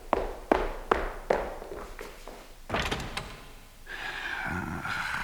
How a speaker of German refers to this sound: Ach, warum er nur so laut sein muss, immer mit den Türen knallt.